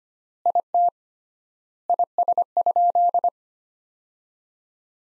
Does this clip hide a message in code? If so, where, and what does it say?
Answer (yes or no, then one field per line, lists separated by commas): yes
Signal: Morse code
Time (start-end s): 0.5-3.3 s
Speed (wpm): 25 wpm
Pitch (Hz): 700 Hz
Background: none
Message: IT IS?